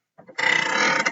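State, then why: Seated. A screw-on plastic lid is spun with both hands onto a filled plastic storage pail, and its ratchet clicks as it tightens, with clicks at 0.2 s and 1.1 s. From about 0.4 s a steady, dense scraping rasp of the lid turning carries through to the end. The lid ratchets shut and the pail is sealed.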